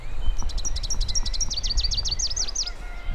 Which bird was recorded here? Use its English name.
Rufous-capped Warbler